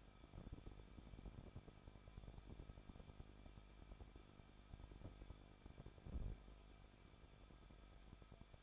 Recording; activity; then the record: daily activity, microphone in the room; no activity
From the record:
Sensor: 5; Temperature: 20.8 degrees Celsius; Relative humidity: 38.3%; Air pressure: 1006.6 hPa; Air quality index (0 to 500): 185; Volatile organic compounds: 17 ppm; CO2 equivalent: 2583 ppm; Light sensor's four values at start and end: 2/3/1/1 and 2/3/1/1